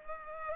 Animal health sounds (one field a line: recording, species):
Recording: mosquito wingbeat signal from an infrared sensor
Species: Culex pipiens